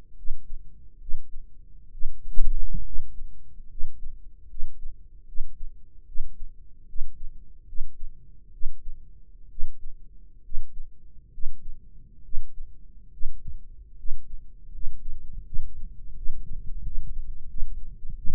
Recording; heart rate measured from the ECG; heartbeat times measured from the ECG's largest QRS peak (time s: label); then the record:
heart sounds by microphone in the right ear; 73 bpm
0.15 s: heartbeat
0.99 s: heartbeat
1.90 s: heartbeat
2.83 s: heartbeat
3.68 s: heartbeat
4.47 s: heartbeat
5.25 s: heartbeat
6.05 s: heartbeat
6.86 s: heartbeat
7.65 s: heartbeat
8.51 s: heartbeat
9.48 s: heartbeat
10.42 s: heartbeat
11.31 s: heartbeat
12.22 s: heartbeat
13.10 s: heartbeat
13.96 s: heartbeat
14.71 s: heartbeat
15.43 s: heartbeat
16.14 s: heartbeat
16.82 s: heartbeat
17.47 s: heartbeat
18.15 s: heartbeat
From the record:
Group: healthy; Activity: rest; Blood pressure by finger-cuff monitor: 126/77 mmHg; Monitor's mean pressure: 94 mmHg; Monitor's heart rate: 72 bpm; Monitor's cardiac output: 6 L/min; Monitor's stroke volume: 84 mL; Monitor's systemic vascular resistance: 1150 dyn s/cm5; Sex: male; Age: 21 years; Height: 180 cm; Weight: 67.5 kg